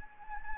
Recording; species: mosquito wingbeat signal from an infrared sensor; Anopheles gambiae